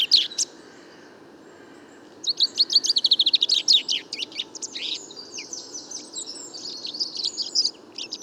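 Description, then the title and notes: Common chaffinch song: a quick rattling phrase, then a busy run of overlapping chirps and twitters that continues to the end. Bois de Vincennes, 16 February 2019; recordist's first chaffinch song recorded in 2019; fine weather; song confused, weaker than typical, small babbles; courtship song toward nearby females; Nagra Seven, Wiltronic parabola, mono. "Premier Pinson des arbres 2019. Bois de Vincennes - 16 février 2019-Nagra seven - Parabole Wiltronic mono: mon premier chant de Pinson des arbres (Fringilla coelebs) enregistré en 2019"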